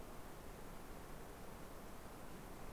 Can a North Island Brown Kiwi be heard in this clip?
no